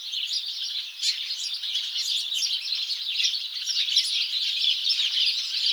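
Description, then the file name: Noisy house sparrow chatter, overlapping chirps from several birds, growing a little louder after the first second and staying busy to the end. "Passer domesticus"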